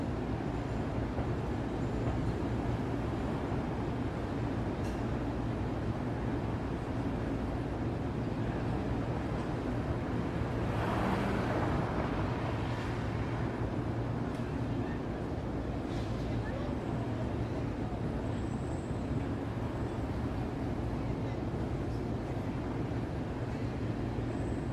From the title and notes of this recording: Open Window New York City Soundscape at Night. Midtown Manhattan City Sounds. City soundscape of Midtown New York City in binaural audio. This is a view of 33rd street from my hotel room in the evening. The audio is not looped and recorded on location.